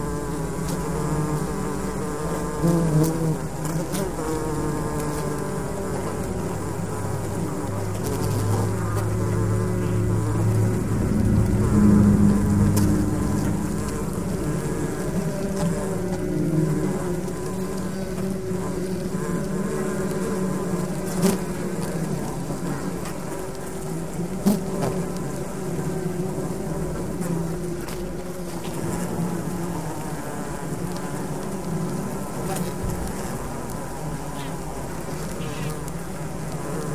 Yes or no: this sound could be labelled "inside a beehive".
yes